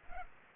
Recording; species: mosquito wingbeat signal from an infrared sensor; Aedes aegypti